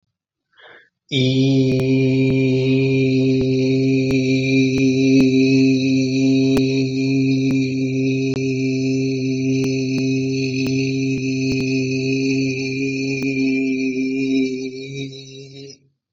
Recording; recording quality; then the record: sustained vowel as in beet; excellent, no background noise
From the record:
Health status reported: recovered from COVID-19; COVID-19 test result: positive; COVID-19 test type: RT-PCR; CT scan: not taken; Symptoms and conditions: none ticked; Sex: male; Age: 27 years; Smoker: yes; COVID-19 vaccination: both doses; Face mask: not worn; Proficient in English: yes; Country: India